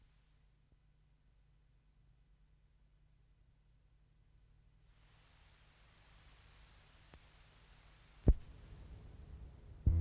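Experimental electronic tape loop built from low tape noises: a dull, throbbing low rumble holds steady at first. Around five seconds a soft hiss rises and fills in, and two sharp thumps hit near eight and ten seconds, the second ending the clip.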